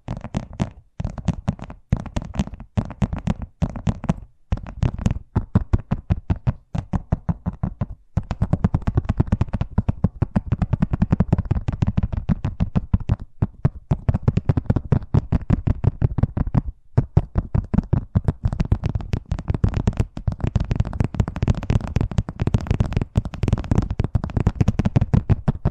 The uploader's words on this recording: ASMR Braingasm Inducing Fast Tapping (No Talking).